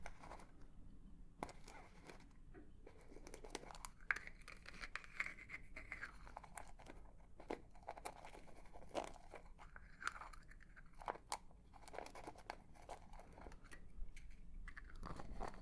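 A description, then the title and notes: Soft brushing strokes sweep across a face in slow swishes, especially around four to six and nine to eleven seconds. Sharp, irregular taps and crisp crinkling crackles punctuate the whole clip. 10 Tingly Triggers For Sleep Face Brushing, Tapping, Crinkling etc.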